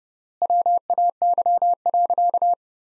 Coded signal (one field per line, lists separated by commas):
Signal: Morse code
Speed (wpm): 32 wpm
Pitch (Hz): 700 Hz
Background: none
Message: WAY.